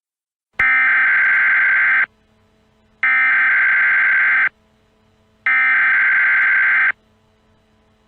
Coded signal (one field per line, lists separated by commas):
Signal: Emergency Alert System (SAME) tones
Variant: header bursts